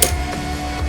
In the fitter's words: Sampai bunyi klik